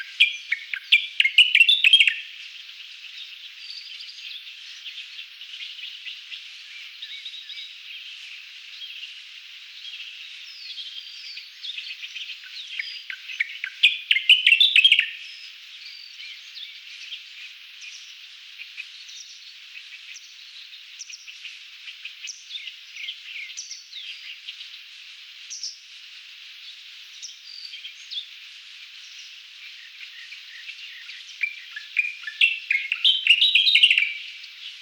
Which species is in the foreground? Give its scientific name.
Locustella fasciolata